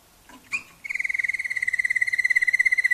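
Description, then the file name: Waterslager canary: two short chirps, then a quick, even rolling trill that runs to the end. Song variations of a Waterslager canary. "kenari waterslager variasi omkicau"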